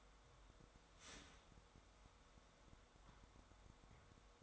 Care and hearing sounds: daily activity, microphone in the room; start toaster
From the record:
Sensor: 3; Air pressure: 1014.7 hPa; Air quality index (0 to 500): 200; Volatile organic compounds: 26 ppm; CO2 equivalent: 2857 ppm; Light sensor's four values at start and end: 4/10/4/4 and 4/10/4/4

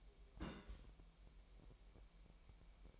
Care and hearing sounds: daily activity, microphone in the room; place on stove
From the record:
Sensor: 1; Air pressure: 1002.0 hPa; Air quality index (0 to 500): 245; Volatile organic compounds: 49 ppm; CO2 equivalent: 3285 ppm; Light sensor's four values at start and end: 5/12/5/6 and 5/12/5/6

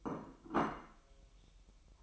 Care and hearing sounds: daily activity, microphone in the room; place plate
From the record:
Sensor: 1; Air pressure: 1002.1 hPa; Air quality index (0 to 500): 243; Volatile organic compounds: 48 ppm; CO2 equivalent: 3272 ppm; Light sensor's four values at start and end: 8/28/10/11 and 8/28/10/11

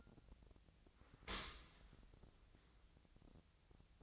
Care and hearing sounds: daily activity, microphone in the room; open dishwasher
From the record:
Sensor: 3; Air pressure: 1003.1 hPa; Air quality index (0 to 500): 196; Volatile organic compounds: 6 ppm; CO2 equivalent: 1918 ppm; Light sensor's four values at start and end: 22/55/23/25 and 23/55/23/25

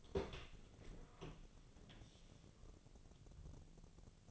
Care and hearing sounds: daily activity, microphone in the room; open door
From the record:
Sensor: 4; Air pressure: 1001.2 hPa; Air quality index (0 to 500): 184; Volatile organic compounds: 3 ppm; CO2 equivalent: 1319 ppm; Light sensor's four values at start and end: 17/40/16/17 and 16/36/15/15

